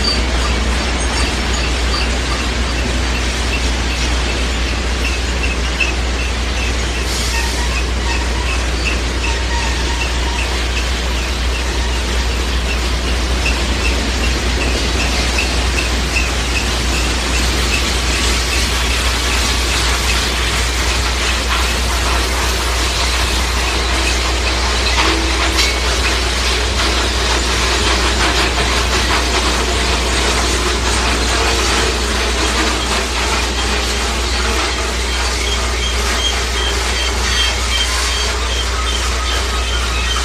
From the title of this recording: Train On Tracks